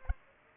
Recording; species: mosquito wingbeat signal from an infrared sensor; Aedes aegypti